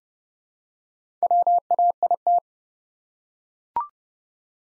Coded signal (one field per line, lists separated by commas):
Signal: Morse code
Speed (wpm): 30 wpm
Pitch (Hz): 700 Hz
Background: none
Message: WAIT